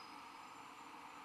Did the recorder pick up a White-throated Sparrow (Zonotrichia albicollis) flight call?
no